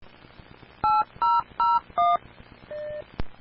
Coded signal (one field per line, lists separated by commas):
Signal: DTMF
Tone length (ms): 200 ms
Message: 8001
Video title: 2014-04-27 - N0NWS 145.490 MHz Southwest Missouri SkyWarn Severe Weather Net